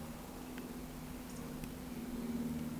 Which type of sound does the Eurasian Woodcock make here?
whistle